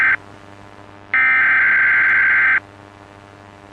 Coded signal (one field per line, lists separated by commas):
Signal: Emergency Alert System (SAME) tones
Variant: header bursts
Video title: Eas civil emergency message